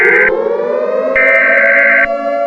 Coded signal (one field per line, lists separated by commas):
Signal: Emergency Alert System (SAME) tones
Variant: header bursts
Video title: The Greater Dying: A Bubonic Plague EAS Scenario